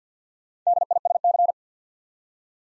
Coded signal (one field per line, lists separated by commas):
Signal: Morse code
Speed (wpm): 48 wpm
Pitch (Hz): 700 Hz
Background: none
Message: DISC